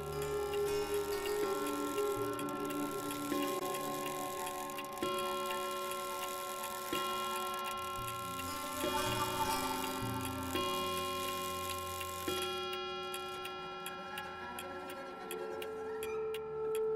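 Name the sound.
clock ticking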